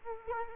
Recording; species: mosquito wingbeat signal from an infrared sensor; Culex quinquefasciatus